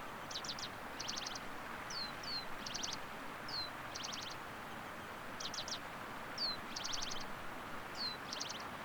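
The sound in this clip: White-crowned penduline tit calls: short high rattling bursts of rapid notes mixed with thin downslurred tsee notes, repeated every second or so over a steady hiss of background noise.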